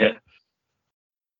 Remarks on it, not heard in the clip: My cat is having a sneeze attack right now.